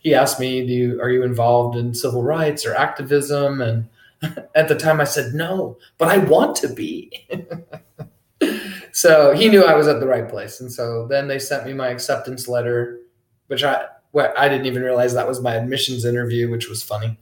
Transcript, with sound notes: He asked me, "Do you--are you involved in civil rights or activism?" And at the time I said, "No, but I want to be!" [Laughs] So he knew I was at the right place. And so then they sent me my acceptance letter, which I--I didn't even realize that was my admissions interview, which was funny.